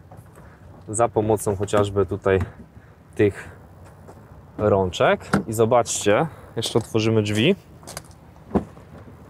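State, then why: Seated. In a 2019 Seat Tarraco, the rear door is opened and the folded rear seat backrest is pressed down into its folded-flat latch while someone talks. Soft rustling and handling sounds lead into a sharp latch click at 7.97 seconds, and the seat is seated.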